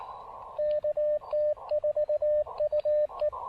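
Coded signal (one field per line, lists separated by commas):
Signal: Morse code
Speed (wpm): 20 wpm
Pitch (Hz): 600 Hz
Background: radio noise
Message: KT4UE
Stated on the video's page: CW Parks on the Air activation with an Elecraft KX2 and a borrowed antenna.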